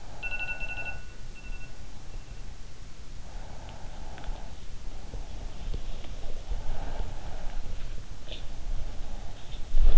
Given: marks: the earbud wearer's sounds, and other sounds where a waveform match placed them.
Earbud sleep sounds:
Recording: sounds in sleep by an in-ear microphone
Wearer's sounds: breath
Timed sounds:
0.00-1.13 s: breath
0.19-0.98 s: sound from someone else or the room
1.30-1.80 s: sound from someone else or the room
3.18-6.29 s: breath
3.34-4.52 s: sound from someone else or the room
5.11-7.56 s: sound from someone else or the room
6.55-9.71 s: breath
8.24-8.40 s: sound from someone else or the room
9.08-9.98 s: sound from someone else or the room

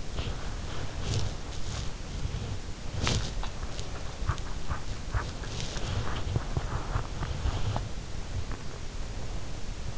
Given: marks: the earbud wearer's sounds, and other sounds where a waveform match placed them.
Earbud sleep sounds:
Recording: sounds in sleep by an in-ear microphone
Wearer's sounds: body movement, teeth grinding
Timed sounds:
0.00-8.34 s: body movement
4.14-7.98 s: teeth grinding

